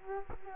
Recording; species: mosquito wingbeat signal from an infrared sensor; Culex quinquefasciatus